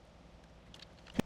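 The metal leg of a bottle rack from a 1958 Vendo 81 Coke machine is swung to the down position and pushed into a small slot in the rail. A few faint ticks come first, then a sharp pop at 1.2 s as the leg seats in the slot.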